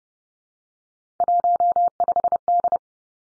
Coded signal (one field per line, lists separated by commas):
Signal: Morse code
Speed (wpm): 30 wpm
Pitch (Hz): 700 Hz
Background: none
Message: 15D